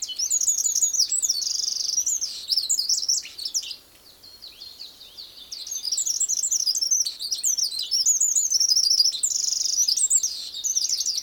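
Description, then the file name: Eurasian wren song: shrill, hurried trills and warbled notes pour out, break briefly near the middle, then continue energetically to the end. "Troglodytes troglodytes"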